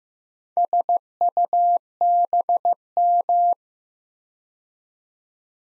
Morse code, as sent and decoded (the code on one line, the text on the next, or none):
... ..- -... --
SUBM